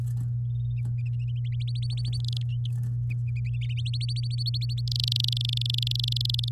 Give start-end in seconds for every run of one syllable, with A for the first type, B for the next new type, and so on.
1.60-2.18 A, 2.20-2.42 B, 3.77-4.81 A, 4.87-6.49 B